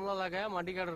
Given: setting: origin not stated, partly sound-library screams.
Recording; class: one-second piece from a danger detection set; normal situation